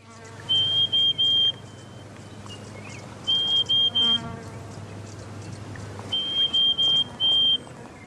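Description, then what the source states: Pied Honeyeater calling in high, thin piping whistles, each bout three or four level notes in quick succession, repeated about every three seconds over a low hum that stops before the last bout. Nectar-loving bird of dry open woodland.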